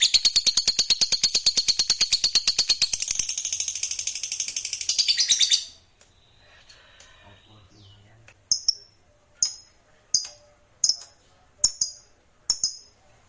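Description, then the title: Lovebird chattering: fast, shrill chatter for several seconds, then quiet, followed by sharp single chirps repeated roughly every second. Fighter lovebird singing energetically (gacor). "Berkat SUARA Lovebird FIGHTER GACOR Ini"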